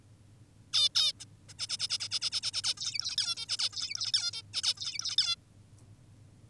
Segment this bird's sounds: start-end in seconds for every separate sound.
0.73-0.89, 0.95-1.13, 1.20-1.25, 1.48-1.54, 1.59-1.67, 1.69-1.77, 1.80-1.88, 1.90-1.98, 2.00-2.08, 2.11-2.20, 2.22-2.30, 2.32-2.41, 2.43-2.51, 2.54-2.62, 2.64-2.74, 2.77-3.16, 3.18-3.35, 3.37-3.46, 3.49-3.58, 3.59-3.70, 3.73-4.12, 4.14-4.32, 4.33-4.42, 4.54-4.62, 4.63-4.74, 4.77-5.16, 5.18-5.36